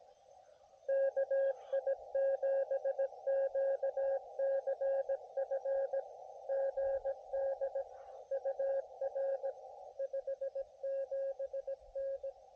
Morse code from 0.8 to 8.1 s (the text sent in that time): KI7QCF GD